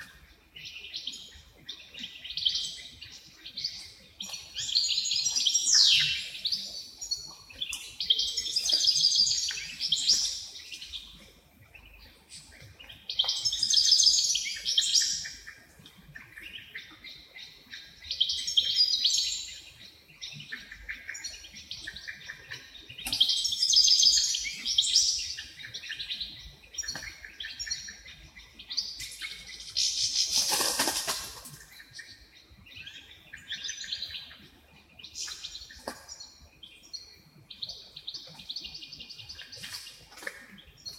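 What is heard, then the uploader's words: Many small wrens sing and chatter in a backyard, their high, bright trills coming in bursts roughly every five seconds, often overlapping. Around the thirty-second mark a brief louder rush cuts through, and a faint low hum sits underneath throughout. The sounds of dozens of wrens in the backyard of a home in Dover, southern Tasmania. Dover Wrens.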